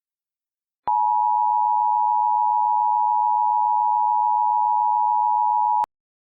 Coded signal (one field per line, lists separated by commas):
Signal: Emergency Alert System (SAME) tones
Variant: 853 and 960 Hz attention tone